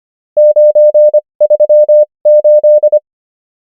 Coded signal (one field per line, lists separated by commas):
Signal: Morse code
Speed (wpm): 25 wpm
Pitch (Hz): 600 Hz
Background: none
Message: 938